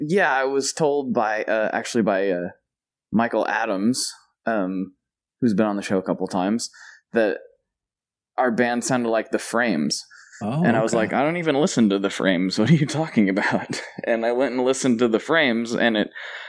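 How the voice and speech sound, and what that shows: An adult man speaks in clear, fluent conversational speech with natural pauses and an occasional filler; ordinary speech.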